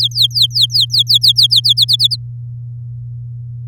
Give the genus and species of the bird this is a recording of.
Serinus canaria